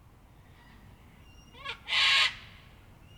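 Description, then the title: Sulphur-crested cockatoo giving a single loud, coarse screech, preceded by a short harmonic call and followed by a faint whistle. Many cockatoos on a typical evening in Canberra in April 2020, during lockdown. "An Evening in Canberra (Feat. 500 Cockies)"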